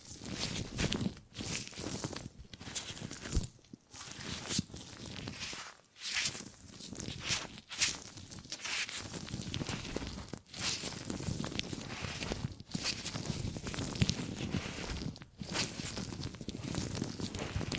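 Gripping and grabbing sounds come as a busy run of rustles, scuffs and soft knocks, with bursts of hissy friction every second or so. Short quiet gaps break the handling near 4, 6 and 15 seconds.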